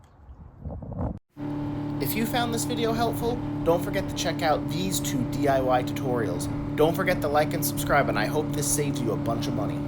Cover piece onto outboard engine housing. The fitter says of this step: then we can just push that back on until we hear the snap.